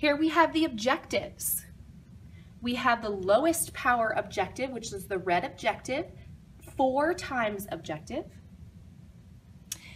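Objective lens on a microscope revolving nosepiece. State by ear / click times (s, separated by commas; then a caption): seated / 9.7 s. Someone talks while turning a microscope's revolving nosepiece so the red 4x objective lens rotates into the light path. A sharp single click is heard at 9.7 s as the objective locks into place.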